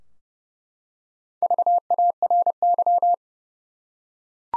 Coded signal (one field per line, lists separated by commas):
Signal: Morse code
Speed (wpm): 30 wpm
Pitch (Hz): 700 Hz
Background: none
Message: VARY